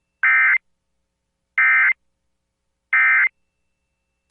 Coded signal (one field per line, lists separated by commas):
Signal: Emergency Alert System (SAME) tones